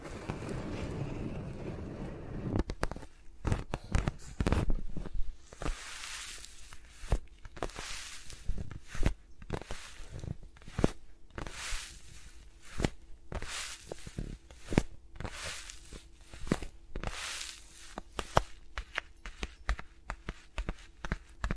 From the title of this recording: ASMR with Mics Around My Fingers (No Talking)